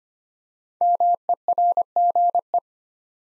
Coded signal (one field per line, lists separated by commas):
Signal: Morse code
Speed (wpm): 25 wpm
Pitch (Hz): 700 Hz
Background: none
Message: MERGE